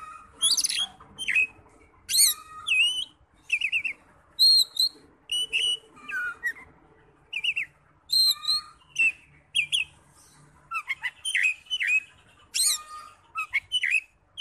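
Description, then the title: Oriental magpie-robin song of repeated whistled phrases, rising and falling slurs mixed with scratchy chatter, steady bursts over the whole stretch. "Kacer"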